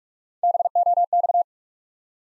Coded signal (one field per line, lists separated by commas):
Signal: Morse code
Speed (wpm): 44 wpm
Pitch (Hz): 700 Hz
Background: none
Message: BOX